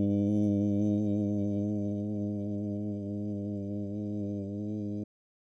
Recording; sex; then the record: sustained vowel /u/; male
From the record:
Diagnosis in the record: Parkinson's disease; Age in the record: 65 years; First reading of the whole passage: 52 s, 9.9 characters per second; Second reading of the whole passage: 50 s, 10.3 characters per second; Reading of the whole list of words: 40 s, 7.0 characters per second